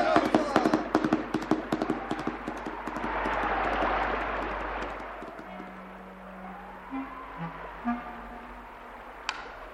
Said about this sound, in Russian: Вот лошадь!